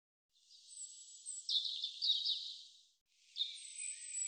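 European robin song: high thin whistles and a burst of quick trilled notes, a brief pause, then another phrase opening with a high drawn whistle.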